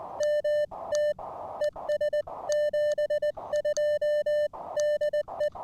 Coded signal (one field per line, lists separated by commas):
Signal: Morse code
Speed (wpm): 20 wpm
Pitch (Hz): 600 Hz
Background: music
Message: MT ES 72 DE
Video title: New-To-Me Elecraft K1 And A New Prototype Paddle! A CW POTA Activation.